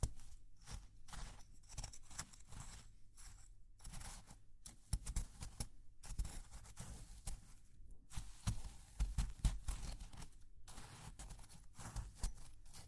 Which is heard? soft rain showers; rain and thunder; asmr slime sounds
asmr slime sounds